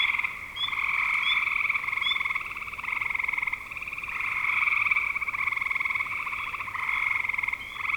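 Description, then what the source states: Frog chorus of long overlapping pulsed trills, dense with a few brief lulls, short high chirps scattered above. Spring 2025.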